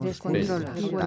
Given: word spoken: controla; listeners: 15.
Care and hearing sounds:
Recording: one Spanish word in noise, from a listening test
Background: four-talker babble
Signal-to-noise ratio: -2.4 dB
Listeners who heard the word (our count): 0 of 15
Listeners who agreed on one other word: 6 of 15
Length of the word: 0.66 s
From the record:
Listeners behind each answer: 6, 6, 3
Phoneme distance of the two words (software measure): 21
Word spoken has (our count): 3 syllables, 8 phonemes, stress on syllable 2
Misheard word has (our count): 4 syllables, 11 phonemes, stress on syllable 3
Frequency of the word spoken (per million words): 11.36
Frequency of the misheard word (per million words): 0.10

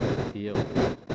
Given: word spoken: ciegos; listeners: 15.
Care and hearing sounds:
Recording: one Spanish word in noise, from a listening test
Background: noise modulated by one talker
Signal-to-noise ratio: -9.8 dB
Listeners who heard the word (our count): 1 of 15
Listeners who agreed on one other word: 8 of 15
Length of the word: 0.74 s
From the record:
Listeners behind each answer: 8, 1, 1, 1, 1, 1, 1, 1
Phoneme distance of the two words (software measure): 7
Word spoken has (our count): 2 syllables, 6 phonemes, stress on syllable 1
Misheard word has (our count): 2 syllables, 5 phonemes, stress on syllable 1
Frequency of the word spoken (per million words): 8.06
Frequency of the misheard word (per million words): 18.01

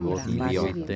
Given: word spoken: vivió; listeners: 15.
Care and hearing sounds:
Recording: one Spanish word in noise, from a listening test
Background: four-talker babble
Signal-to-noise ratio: -2.1 dB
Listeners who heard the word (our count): 1 of 15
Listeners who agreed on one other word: 6 of 15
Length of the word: 0.56 s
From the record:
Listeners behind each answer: 6, 2, 2, 1, 1, 1, 1, 1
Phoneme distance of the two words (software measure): 31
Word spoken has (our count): 2 syllables, 5 phonemes, stress on syllable 2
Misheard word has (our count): 3 syllables, 6 phonemes, stress on syllable 2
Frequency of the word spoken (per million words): 22.69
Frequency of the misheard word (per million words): 28.34

